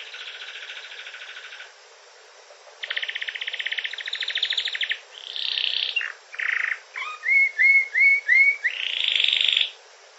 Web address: wroblowe kanarki